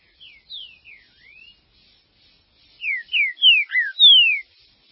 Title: Trinca Ferro